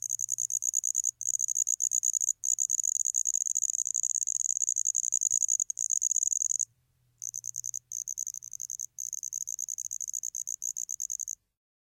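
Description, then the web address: Red-headed bush cricket calling with high, rapid metallic pulsed trills in long runs, broken by a few short gaps and one longer pause; faint low hum underneath. "Crickets and Katydids. Redheaded Bush Cricket, Phyllopalpus pulchellus"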